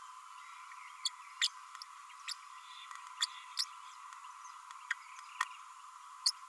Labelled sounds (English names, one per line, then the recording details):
Green-rumped Parrotlet babbling
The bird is a male
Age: 33 days
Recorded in a nest box in Venezuela
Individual 17B32A6